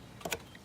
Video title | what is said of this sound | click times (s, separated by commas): 1978 Vespa Grande Overview- Systems, Starting and Performance | front of the rear peg you have a button and you push that in until it clicks and then | 0.3 s